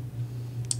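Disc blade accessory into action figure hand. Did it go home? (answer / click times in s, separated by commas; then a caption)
yes / 0.7 s. A plastic disc blade accessory is pressed into the hand of a NECA SDCC Predator 2 Cloaked City Hunter action figure, with the figure's fingers placed into the disc's holes. Over a steady low hum, a faint tick at 0.6 s leads into a sharp, bright click at 0.7 s. The disc blade locks into place in the hand and holds well.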